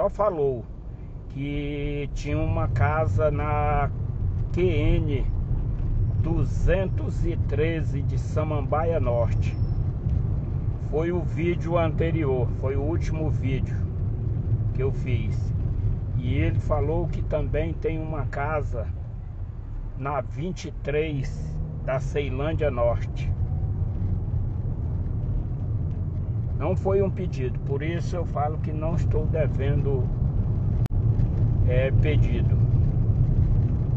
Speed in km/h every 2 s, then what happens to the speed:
31, 31, 30, 30, 35, 39, 34, 29, 20, 11, 22, 32, 36, 38, 39, 40, 40.
0-6 steady at about 30. 6-9 speeds up to 39. 11-17 brakes to 11. 18-23 speeds up to 36. 23-34 steady at about 39.